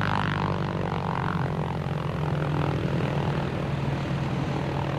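A propeller airplane, flying lower and circling over a wreck, drones steadily and loudly, its engine giving a constant low hum with a rough, buzzing rumble that holds throughout. No voices are heard.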